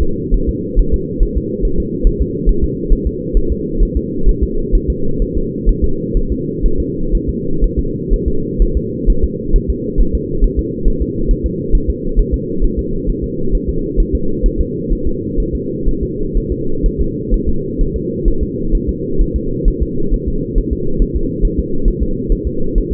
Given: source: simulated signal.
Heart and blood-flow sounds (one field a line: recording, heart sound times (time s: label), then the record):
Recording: fetal heart sounds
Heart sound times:
0.02 s: S2
0.34 s: S1
0.49 s: S2
0.80 s: S1
0.94 s: S2
1.23 s: S1
1.38 s: S2
1.65 s: S1
1.80 s: S2
2.07 s: S1
2.22 s: S2
2.49 s: S1
2.64 s: S2
2.93 s: S1
3.07 s: S2
3.37 s: S1
3.52 s: S2
3.83 s: S1
3.97 s: S2
4.29 s: S1
4.43 s: S2
4.75 s: S1
4.90 s: S2
5.22 s: S1
5.37 s: S2
5.69 s: S1
5.84 s: S2
6.17 s: S1
6.32 s: S2
6.66 s: S1
6.80 s: S2
7.15 s: S1
7.29 s: S2
7.64 s: S1
7.79 s: S2
8.14 s: S1
8.28 s: S2
8.62 s: S1
8.77 s: S2
9.10 s: S1
9.24 s: S2
9.56 s: S1
9.70 s: S2
10.01 s: S1
10.15 s: S2
10.44 s: S1
10.59 s: S2
10.88 s: S1
11.02 s: S2
11.31 s: S1
11.46 s: S2
11.75 s: S1
11.90 s: S2
12.20 s: S1
12.34 s: S2
12.64 s: S1
12.79 s: S2
13.10 s: S1
13.24 s: S2
13.55 s: S1
13.69 s: S2
14.00 s: S1
14.15 s: S2
14.46 s: S1
14.61 s: S2
14.93 s: S1
15.07 s: S2
15.40 s: S1
15.55 s: S2
15.88 s: S1
16.03 s: S2
16.37 s: S1
16.52 s: S2
16.86 s: S1
17.01 s: S2
17.34 s: S1
17.49 s: S2
17.81 s: S1
17.96 s: S2
18.28 s: S1
18.43 s: S2
18.75 s: S1
18.89 s: S2
19.21 s: S1
19.36 s: S2
19.68 s: S1
19.83 s: S2
20.14 s: S1
20.28 s: S2
20.58 s: S1
20.73 s: S2
21.02 s: S1
21.16 s: S2
21.45 s: S1
21.59 s: S2
21.88 s: S1
22.03 s: S2
22.32 s: S1
22.47 s: S2
22.78 s: S1
22.93 s: S2
From the record:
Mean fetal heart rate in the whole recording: 130 bpm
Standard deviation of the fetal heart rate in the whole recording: 4 bpm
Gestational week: 38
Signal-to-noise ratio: -8.1 dB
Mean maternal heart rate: 72 bpm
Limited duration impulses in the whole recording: absent